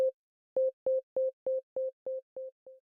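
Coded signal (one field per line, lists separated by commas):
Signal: none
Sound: music metronome beeps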